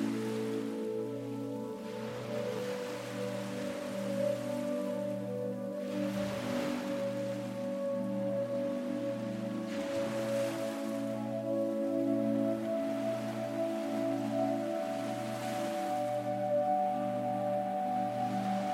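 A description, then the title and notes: Soft waves wash in every few seconds, each swell rising and fading as a hiss over the beach. Beneath them sits a steady, layered humming drone, and a low tone throbs in an even pulse a little faster than once per second throughout. Waves on Beach [1 - 3Hz Delta]. Brainwave entrainment binaural beats.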